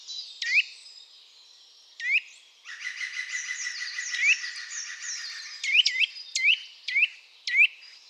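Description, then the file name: Eurasian nuthatch calls: sharp upslurred notes given singly and in short runs, with a brief buzzy rattling trill in the middle. "Sitta europaea"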